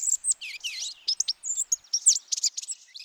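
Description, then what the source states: Blue-gray Gnatcatcher song: a long, rambling jumble of squeaky, scratchy and buzzy high notes with quick chips and slurs, delivered rapidly and irregularly. Male's long, squeaky song may include mimicry of jays, tanagers, nuthatches and warblers; its variety likely helps attract a mate.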